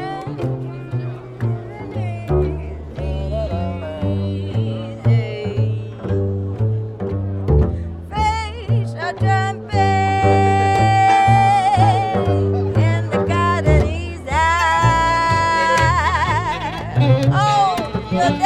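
Music plays at Nuit Debout on Place du Bouffay in Nantes: a low bass line steps through notes every second or so under changing chords. From about eight seconds a voice sings long, wavering held notes, louder and brighter, continuing to the end.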